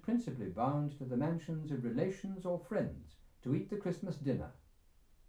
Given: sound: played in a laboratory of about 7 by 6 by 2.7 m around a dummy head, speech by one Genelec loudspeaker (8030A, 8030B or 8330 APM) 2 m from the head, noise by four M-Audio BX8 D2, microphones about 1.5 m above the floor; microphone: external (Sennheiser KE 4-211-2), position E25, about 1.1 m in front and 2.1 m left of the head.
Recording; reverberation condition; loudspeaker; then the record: male speech in English; low; 30 degrees to the left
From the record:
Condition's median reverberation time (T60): about 310 ms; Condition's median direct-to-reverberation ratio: about 3.5 dB